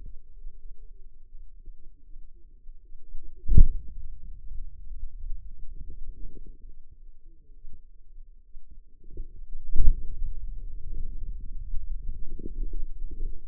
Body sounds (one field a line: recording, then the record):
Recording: forearm muscle sounds (acoustic myography)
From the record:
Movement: hand closing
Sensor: system 2, bracelet of six BSWA MPA416 microphones around the upper forearm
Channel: 1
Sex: female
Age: 25 years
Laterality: right